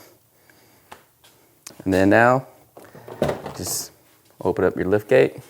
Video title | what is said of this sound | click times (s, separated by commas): Universal Spare Tire Carrier DIY Build Kit - Part 3 | Lift the pin lock again, and once it hits that pinhole, it locks in place. | 1.7 s